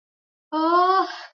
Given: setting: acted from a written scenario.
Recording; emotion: vocal sound without words; pride